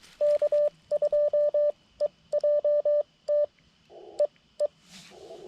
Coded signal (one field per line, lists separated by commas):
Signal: Morse code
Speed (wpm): 23 wpm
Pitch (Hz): 590 Hz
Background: none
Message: K2EJT EE